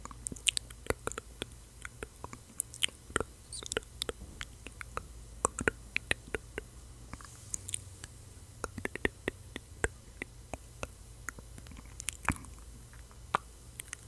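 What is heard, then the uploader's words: Mouth sounds and hand movements: irregular wet clicks and taps scattered throughout, a few sharper pops, over a steady low hum. Mouth sounds + hand movements + mic brushing + MORE (no talking).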